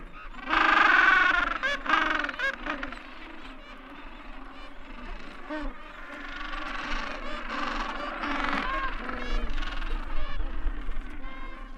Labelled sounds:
Gentoo Penguin (Pygoscelis papua) call

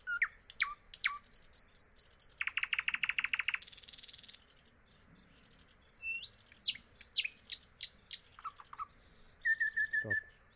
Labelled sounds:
Thrush Nightingale (Luscinia luscinia) song

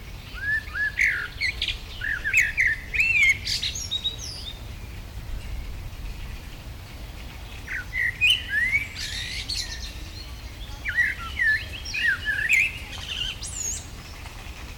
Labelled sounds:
Common Blackbird (Turdus merula)

